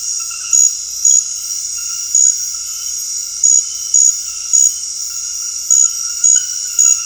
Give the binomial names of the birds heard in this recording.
none